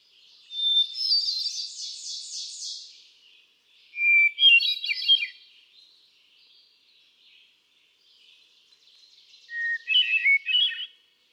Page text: Birdsong for the Curious Naturalist. Hermit thrush. Can you hear how he cycles through his repertoire of about ten different songs? June 13, 2006. Quabbin Park, Ware, Massachusetts